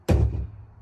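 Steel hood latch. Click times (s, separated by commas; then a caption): 0.1 s. A driver pulls the interior hood release lever below the dash of a 2023 Chevrolet Silverado 1500, and the hood latch releases with a sharp pop at 0.1 s. The pop is followed by a low, decaying resonant thump as the hood pops open.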